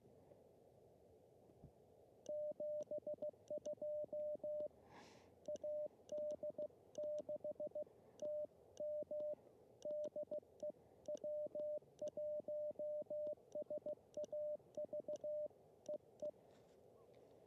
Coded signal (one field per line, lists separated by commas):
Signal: Morse code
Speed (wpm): 15 wpm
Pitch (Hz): 600 Hz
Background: radio noise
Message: 72 AD6TM DE W1SAV EE